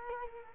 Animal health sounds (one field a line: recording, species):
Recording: mosquito wingbeat signal from an infrared sensor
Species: Culex quinquefasciatus